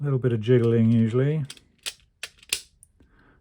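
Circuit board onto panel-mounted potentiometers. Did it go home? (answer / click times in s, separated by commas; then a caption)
yes / 2.5 s. Someone talks, then the oscillator circuit board is pressed down onto the unsoldered potentiometers and switches in the front panel, with a few small clicks of jiggling. A sharp snap at 2.5 s marks the board seating firmly in place so that it can't be squeezed any further.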